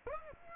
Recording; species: mosquito wingbeat signal from an infrared sensor; Aedes aegypti